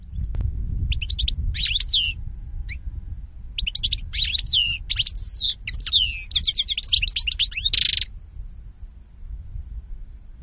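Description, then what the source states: European goldfinch song: bright tinkling twitters and quick high slurred notes in bursts over about seven seconds, with one harsh buzzy note near the end and a low background rumble. Spanish goldfinch lure call (reclamo).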